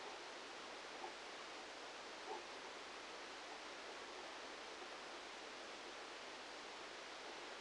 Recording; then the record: brain microelectrode recording played as sound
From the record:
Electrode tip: outside the subthalamic nucleus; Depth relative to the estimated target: -10 mm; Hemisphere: right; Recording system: NeuroSet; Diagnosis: Parkinson's disease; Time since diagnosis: 7 years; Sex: male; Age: 44 years